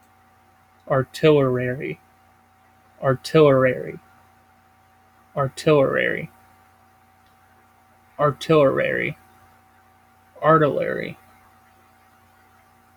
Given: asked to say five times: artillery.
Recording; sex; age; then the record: repeated word; male; 20 to 29 years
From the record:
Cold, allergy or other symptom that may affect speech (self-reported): no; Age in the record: 27 years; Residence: United States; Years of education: 17